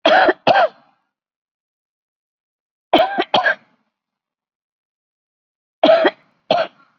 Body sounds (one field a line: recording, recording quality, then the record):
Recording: shallow voluntary cough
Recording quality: excellent, no background noise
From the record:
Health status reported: COVID-19 positive, mild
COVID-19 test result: positive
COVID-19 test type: RT-PCR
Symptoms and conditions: hypertension, diabetes, another condition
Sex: female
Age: 75 years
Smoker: no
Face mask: worn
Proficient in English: no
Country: India